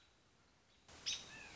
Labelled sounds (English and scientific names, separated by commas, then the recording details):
American Robin (Turdus migratorius)
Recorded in Sonoma County, California